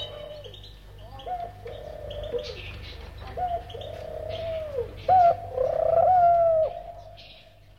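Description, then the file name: Bird giving drawn-out, cooing tonal notes, some flat and some bending upward, with one sharper, louder note near the end and faint chirps higher up. "uccelli birds"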